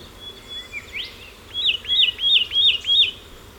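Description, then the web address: Satin flycatcher calling with five evenly spaced arched whistles after a softer, sweeping sound and faint notes at the start. "Audio Myiagra Cyanoleuca"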